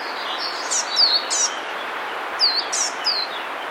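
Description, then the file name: Eurasian blue tit calls: two quick bursts of high, downslurred notes over steady background hiss. "Cyanistes caeruleus"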